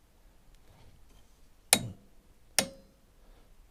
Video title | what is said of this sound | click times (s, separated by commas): Part 2 Fitting Dr Pulley Sliders - Royal Alloy GP300 Tasso Performance | nice there we go that lovely satisfying click | 1.7 s